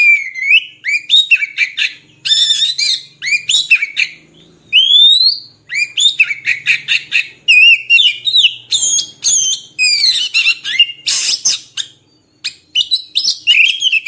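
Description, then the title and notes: Oriental magpie-robin song, rich and varied, mixing rising whistles, twittering notes and short harsh phrases in a constant flow. Kacer song used as isian (filler song for training birds), long-duration recording meant to make birds sing vigorously day and night. "Kacer Jadi Gacor Siang Malam. Isian Kacer Durasi Panjang"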